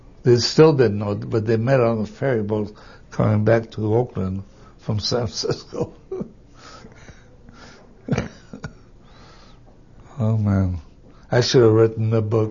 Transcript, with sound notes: They still didn't know it, but they met on the ferryboat coming back to Oakland from San Francisco. (he laughs) Oh, man, I should have written a book.